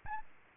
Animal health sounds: mosquito wingbeat signal from an infrared sensor; Aedes albopictus

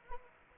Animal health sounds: mosquito wingbeat signal from an infrared sensor; Anopheles arabiensis

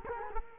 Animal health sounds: mosquito wingbeat signal from an infrared sensor; Culex quinquefasciatus

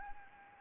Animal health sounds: mosquito wingbeat signal from an infrared sensor; Anopheles arabiensis

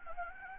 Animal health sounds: mosquito wingbeat signal from an infrared sensor; Anopheles gambiae

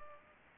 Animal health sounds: mosquito wingbeat signal from an infrared sensor; Culex pipiens

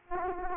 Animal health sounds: mosquito wingbeat signal from an infrared sensor; Aedes aegypti

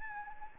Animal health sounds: mosquito wingbeat signal from an infrared sensor; Anopheles arabiensis

